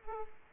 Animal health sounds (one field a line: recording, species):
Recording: mosquito wingbeat signal from an infrared sensor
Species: Aedes aegypti